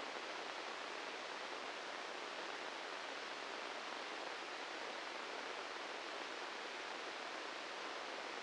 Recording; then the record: brain microelectrode recording played as sound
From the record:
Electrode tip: inside the subthalamic nucleus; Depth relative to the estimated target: -1 mm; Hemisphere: left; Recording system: NeuroSet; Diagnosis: Parkinson's disease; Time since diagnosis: 10 years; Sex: male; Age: 56 years